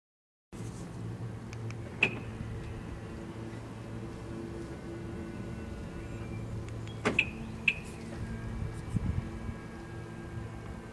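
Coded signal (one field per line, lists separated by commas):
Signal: beep code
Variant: Volkswagen alarm confirmation beeps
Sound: a single short high beep with a click, later two short beeps a half-second apart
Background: car mechanism clunks, low hum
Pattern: 1 short, then 2 short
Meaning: One beep means the car locked; two beeps mean it unlocked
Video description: à savoir 2 bips déverrouillage 1 bip verrouillage.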